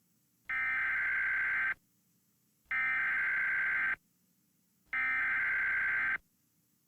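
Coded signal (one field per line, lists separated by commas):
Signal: Emergency Alert System (SAME) tones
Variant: header bursts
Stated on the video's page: Fictional tornado EAS scenario made as a horror short.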